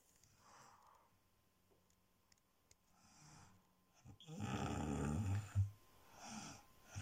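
Snoring from an adult sleeper: soft breathing sounds build into a loud, low-pitched rattling snore, followed by quieter breaths.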